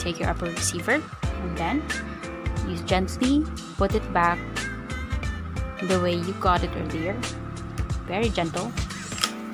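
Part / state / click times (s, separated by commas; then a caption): pistol slide onto pistol frame / seated / 9.2 s. A Glock 17 pistol's upper slide is gently slid back onto its polymer frame during reassembly while someone talks over background music. A sharp click at 9.2 s is heard at the slide lock as the slide locks onto the frame. The slide lock has gone back up, and the slide is seated and locked.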